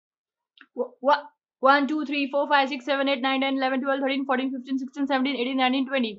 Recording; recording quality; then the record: counting at a fast pace; excellent, no background noise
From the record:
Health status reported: healthy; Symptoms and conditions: none ticked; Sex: female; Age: 28 years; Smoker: not ticked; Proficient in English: yes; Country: India